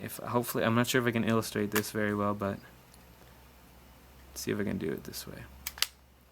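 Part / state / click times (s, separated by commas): CO2 pistol magazine into pistol grip / seated / 5.7 s, 5.8 s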